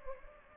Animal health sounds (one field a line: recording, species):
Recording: mosquito wingbeat signal from an infrared sensor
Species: Anopheles gambiae